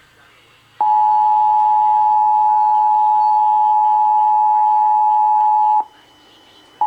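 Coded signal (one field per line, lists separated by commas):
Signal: Emergency Alert System (SAME) tones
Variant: 853 and 960 Hz attention tone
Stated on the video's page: Required Weekly Test tones aired on KDKA-AM Pittsburgh.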